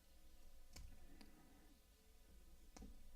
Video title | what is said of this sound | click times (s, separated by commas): LIVE Build: Bootleg Gunpla HG Ground Type Gundam by KK (08th MS Team) | Yeah, nice click to lock into place. I | 2.8 s